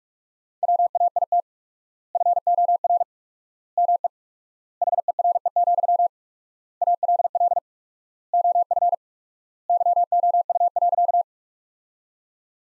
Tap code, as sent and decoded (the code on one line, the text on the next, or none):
none